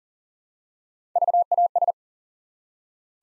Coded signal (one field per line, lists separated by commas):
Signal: Morse code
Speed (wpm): 38 wpm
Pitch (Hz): 700 Hz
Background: none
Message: VAS